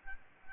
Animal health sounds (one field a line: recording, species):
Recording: mosquito wingbeat signal from an infrared sensor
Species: Aedes albopictus